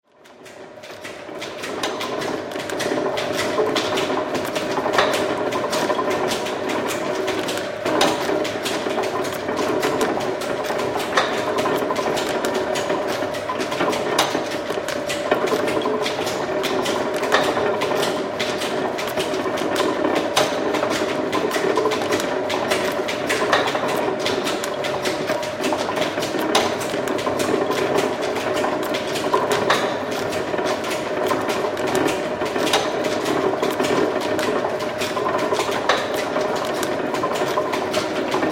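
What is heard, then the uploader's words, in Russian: A metal lathe runs steadily in a workshop, with a constant mid-pitched whine and hum under a dense stream of fine ticking and scraping from the cutting. The sound rises in over the first couple of seconds, then holds at an even level throughout. Звуки токарного станка. Работа токаря, звук работы по металлу, шум в мастерской.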